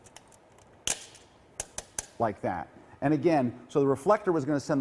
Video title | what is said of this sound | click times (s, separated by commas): lesson22 | we're just going to snap this right into here like | 0.9 s